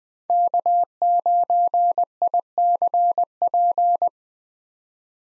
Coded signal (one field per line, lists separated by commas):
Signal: Morse code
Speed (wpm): 20 wpm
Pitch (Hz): 700 Hz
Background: none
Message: K9ICP